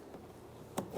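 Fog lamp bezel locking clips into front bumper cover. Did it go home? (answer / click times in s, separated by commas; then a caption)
no / none. A plastic fog lamp bezel is being handled and pressed toward the front bumper cover of a 2011-2020 Toyota Sienna, where its locking clips will snap in around the edge. Mostly quiet low background noise is heard, with a short broadband handling knock near 0.8 s and some rustling toward the end. Nothing has seated or clicked yet.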